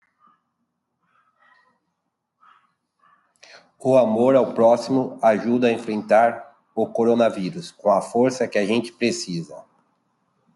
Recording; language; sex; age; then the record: spoken sentence; Brazilian Portuguese; male; 40 to 49 years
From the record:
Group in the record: control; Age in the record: 48 years